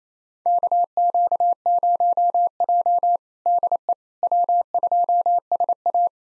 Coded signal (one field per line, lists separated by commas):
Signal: Morse code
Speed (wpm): 28 wpm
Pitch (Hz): 700 Hz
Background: none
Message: KQ0J DE W2SA